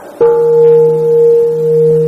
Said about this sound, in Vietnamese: Các giới tử đứng dậy nghe theo tiếng chuông mà lễ.